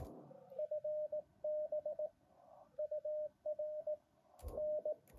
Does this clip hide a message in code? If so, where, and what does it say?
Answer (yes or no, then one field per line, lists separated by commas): yes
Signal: Morse code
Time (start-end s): 0.6-4.9 s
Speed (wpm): 18 wpm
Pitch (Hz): 610 Hz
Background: radio noise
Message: FB UR N